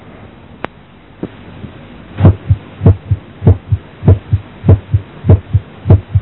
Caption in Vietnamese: Tiếng thứ hai có thể mờ đơn độc hoặc cùng tiếng thứ nhất, gặp trong tràn dịch màng ngoài tim, hẹp các van tổ chim, thấp tim gây phù nề van tim.